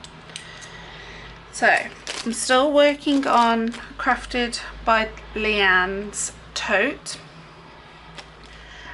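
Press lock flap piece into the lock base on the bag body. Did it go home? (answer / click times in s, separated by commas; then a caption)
yes / 0.0 s, 0.4 s. A metal bag press lock is closed by pushing its flap piece into the lock base on the bag body, and it clicks into place to lock the flap. Two sharp clicks are heard at 0.0 and 0.4 seconds, then someone talks. The press lock is seated and locked shut.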